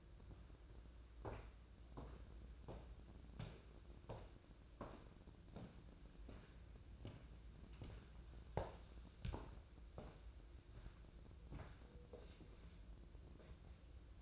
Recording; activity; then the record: daily activity, microphone in the room; walk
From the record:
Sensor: 2